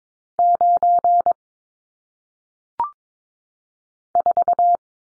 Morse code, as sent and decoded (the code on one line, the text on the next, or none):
----. / ....-
9 4